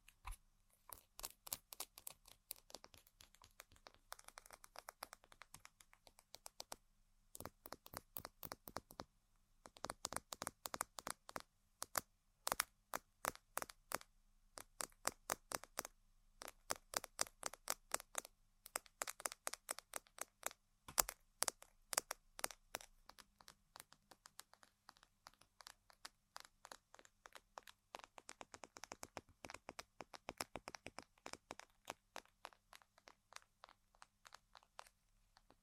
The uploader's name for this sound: ASMR Tapping & Scratching On Random Objects